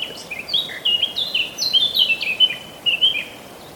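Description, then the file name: Eurasian blackcap song, a continuous run of quick warbled notes and clear whistles jumping up and down in pitch. "Sylvia atricapilla"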